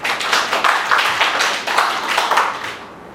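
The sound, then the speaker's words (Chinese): A church audience breaks into steady applause given to God, many hands clapping in a dense, bright wash with faint individual claps standing out, holding for about three seconds before tapering off at the end. “我们给神一个掌声好吗？”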